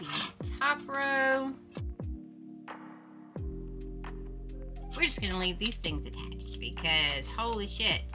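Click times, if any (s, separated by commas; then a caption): none. A piece is being fitted onto the frame of a small keychain display rack. Someone talks over background music while short sharp hits sound, and nothing has snapped into place yet.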